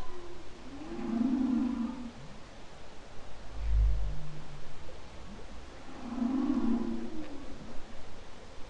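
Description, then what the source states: Humpback whale song: two buzzy, warbling moans separated by a deep rumbling grunt, with faint hiss throughout. Humpback whale song, October 2012.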